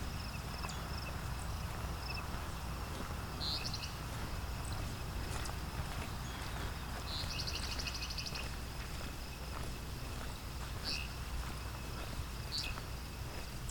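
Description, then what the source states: Ovenbird singing once: a brief run of quick, high repeated notes near the middle, with a few faint chips and constant low background hum. Heard in the woods nearby, beside a hydro corridor near Westover, Ontario, on a late June morning.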